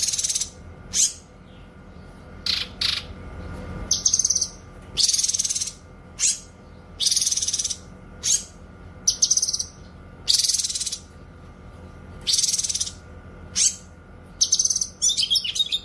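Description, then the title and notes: Streaked spiderhunter producing loud, rasping high bursts in irregular series, some drawn out and buzzy, others short and sharp. Energetic, clear, long-running singing; made as a bird-training tutor recording. "Pijantung Gunung Gacor Jernih Panjang. Masteran burung"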